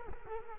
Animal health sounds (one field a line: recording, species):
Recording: mosquito wingbeat signal from an infrared sensor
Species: Culex quinquefasciatus